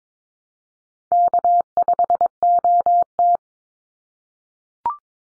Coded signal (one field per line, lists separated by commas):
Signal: Morse code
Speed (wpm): 22 wpm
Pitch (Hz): 700 Hz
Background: none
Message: K5OT